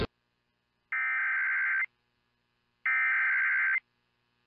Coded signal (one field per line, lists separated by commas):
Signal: Emergency Alert System (SAME) tones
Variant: header bursts